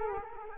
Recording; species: mosquito wingbeat signal from an infrared sensor; Culex quinquefasciatus